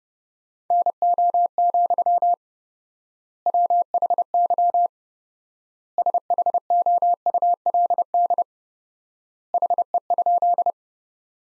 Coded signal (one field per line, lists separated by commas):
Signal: Morse code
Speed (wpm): 32 wpm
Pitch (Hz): 700 Hz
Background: none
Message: NO, WHY SHOULD HE?